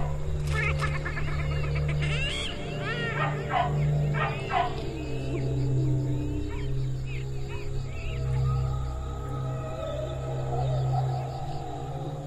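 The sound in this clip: Dog giving a quick burst of yipping barks early on, then quieter, over a constant low humming background.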